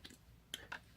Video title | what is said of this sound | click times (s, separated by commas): Smith Corona Coronet XL Coronamatic Electric Typewriter | it snaps back in place and you clip those two clips forward | 0.5 s